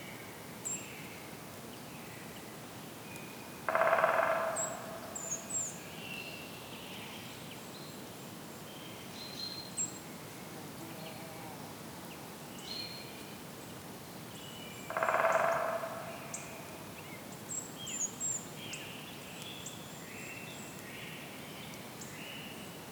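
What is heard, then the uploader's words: Calm forest with a distant woodpecker, two loud rapid bursts near four and fifteen seconds over steady hiss and scattered high bird chirps. Calm Forest with Distant Woodpecker.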